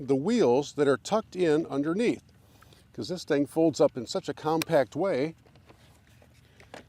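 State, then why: Seated. Someone talks while the release button on an Axglo E5 electric golf trolley is pressed and its folded front wheels, tucked in underneath, are swung down. After quieter handling sounds, two sharp, short hits at 6.6 s and 6.7 s mark the folding wheel arms latching into the trolley frame, leaving the wheels locked into place.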